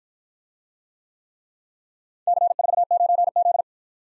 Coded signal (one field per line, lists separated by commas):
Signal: Morse code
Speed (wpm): 55 wpm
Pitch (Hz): 700 Hz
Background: none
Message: C49Z